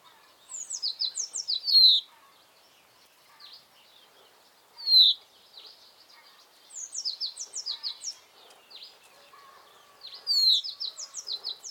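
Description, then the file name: Common chaffinch song: several quick runs of bright falling notes, with a few loud downslurred notes. "Fringilla coelebs"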